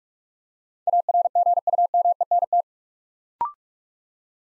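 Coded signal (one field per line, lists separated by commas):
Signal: Morse code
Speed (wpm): 44 wpm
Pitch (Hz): 700 Hz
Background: none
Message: ARGUMENT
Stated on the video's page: Morse practice at 45 wpm, building 8-letter words two letters at a time for instant character recognition.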